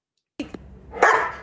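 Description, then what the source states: German Shepherd: dog bark, a soft low onset and a click, then one loud rough bark near the end. German Shepherd with a very big, deep bark.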